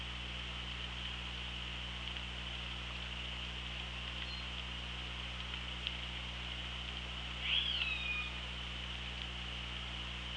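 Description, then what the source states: Orca call, a single brief whistled tone late, over steady underwater hiss and low hum. Hydrophone at OrcaLab, 24 August 2017.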